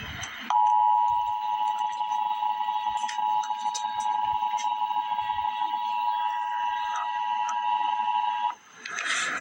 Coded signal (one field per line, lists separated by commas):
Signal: Emergency Alert System (SAME) tones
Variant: 853 and 960 Hz attention tone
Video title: EAS Update - Heat Advisory - Aug 27, 2024 at 12:20 PM EDT